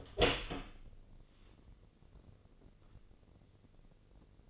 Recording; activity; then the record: daily activity, microphone in the room; open door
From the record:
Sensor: 4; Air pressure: 1013.2 hPa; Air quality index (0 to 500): 178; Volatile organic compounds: 2 ppm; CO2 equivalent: 1121 ppm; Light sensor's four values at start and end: 66/160/67/67 and 86/215/89/94